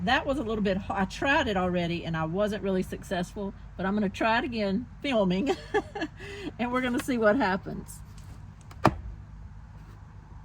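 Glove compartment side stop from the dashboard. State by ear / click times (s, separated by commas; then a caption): released / 8.9 s. Someone talks while pulling on the inside of one side of a glove compartment to free it from its rubber stop so it drops down from the dashboard. After a few faint knocks, a sharp pop sounds at 8.9 s as that side stop comes out and is released.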